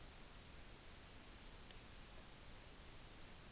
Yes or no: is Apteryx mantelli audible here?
no